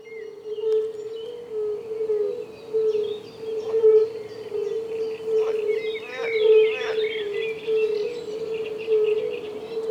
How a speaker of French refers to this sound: En écoutant son enregistrement, nous avons parlé de sonorité flûtée des sonneurs, de la sonorité flûtée des sonneurs